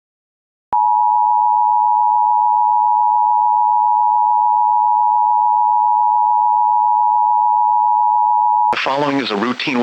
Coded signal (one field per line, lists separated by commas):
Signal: Emergency Alert System (SAME) tones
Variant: 853 and 960 Hz attention tone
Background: speech